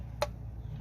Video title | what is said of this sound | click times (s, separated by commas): 1988 Saab 9000 automatic transmission fluid change, filter clean. Smart design. DIY! Easy! | like that that little click means you just did the job | 0.2 s